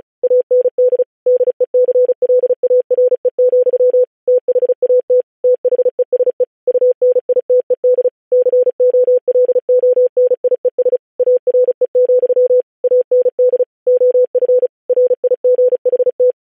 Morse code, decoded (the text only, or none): AND DECLARE, THAT THESE UNITED COLONIES ARE, AND OF RIGHT